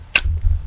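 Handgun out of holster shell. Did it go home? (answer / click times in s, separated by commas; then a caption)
released / 0.2 s. A handgun is pulled hard out of a holster shell against its retention, giving one sharp, bright click at 0.2 s. Low rumbling handling noise follows, and the gun comes free of the holster.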